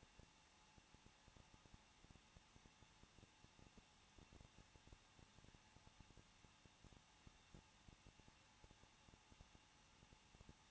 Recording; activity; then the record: daily activity, microphone in the room; no activity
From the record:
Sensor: 1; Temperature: 20.1 degrees Celsius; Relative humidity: 39.1%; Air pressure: 1006.4 hPa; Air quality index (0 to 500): 216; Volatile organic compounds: 73 ppm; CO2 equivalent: 3550 ppm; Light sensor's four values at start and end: 1/2/1/1 and 1/2/1/1